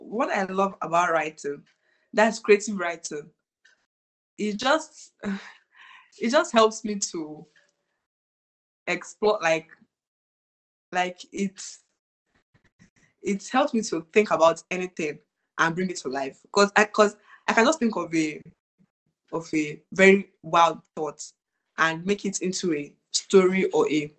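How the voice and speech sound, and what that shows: A woman, a third-year university student, speaks in short bursts broken by long silent pauses, with repeated words and phrases ("it just… it just", "like… like", "'cause I 'cause") and stretched sounds. The repetitions, prolongations and blocks are typical of stuttering.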